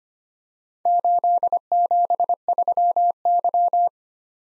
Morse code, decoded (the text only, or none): 873Y